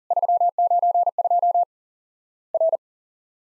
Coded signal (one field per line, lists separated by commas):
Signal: Morse code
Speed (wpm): 41 wpm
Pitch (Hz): 700 Hz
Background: none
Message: 392 R